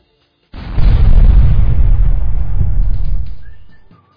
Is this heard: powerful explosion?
yes